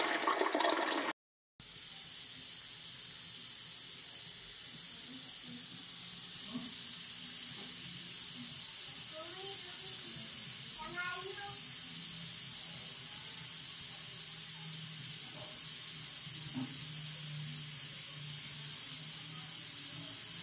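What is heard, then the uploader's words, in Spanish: Everyday household sounds: a steady hiss of running water or a flushing toilet fills the whole clip. A brief cut near the start, then faint voices and scattered light knocks come and go beneath the constant rush. Sonidos habituales de una casa.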